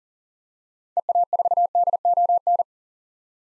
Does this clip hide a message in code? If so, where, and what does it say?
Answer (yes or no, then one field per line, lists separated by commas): yes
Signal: Morse code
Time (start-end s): 1.0-2.6 s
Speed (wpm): 38 wpm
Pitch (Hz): 700 Hz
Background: none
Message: EA4DON